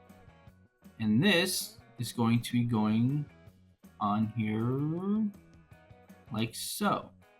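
A plastic piece of a Megazord model kit is handled and positioned over its mounting point on the model body, meant to snap into place and hold on with friction. Someone talks over soft guitar music in the background. Nothing has snapped or seated yet by the end of the clip.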